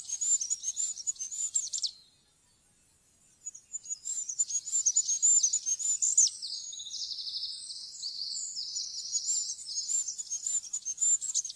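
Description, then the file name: Goldcrest singing extremely high, fine see-saw notes in fast sequences broken by a brief pause, with lower notes overlapping midway and a quiet background. "fuglekonge"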